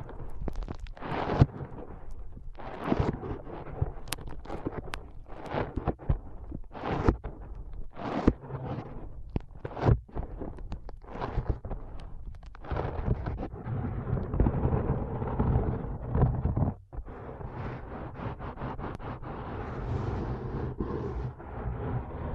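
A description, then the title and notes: Foam brain massage sounds: dense crackling scrunches in quick bursts for half the clip, then a steadier rubbing roar with occasional sharp pops. ASMR Powerful Foam Brain Massage.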